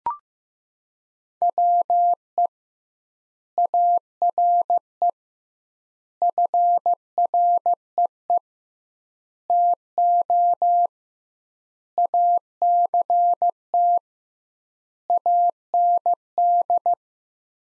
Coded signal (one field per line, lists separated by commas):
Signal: Morse code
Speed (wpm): 15 wpm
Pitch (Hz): 700 Hz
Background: none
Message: WE ARE FREE TO ACT AND